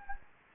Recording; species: mosquito wingbeat signal from an infrared sensor; Anopheles gambiae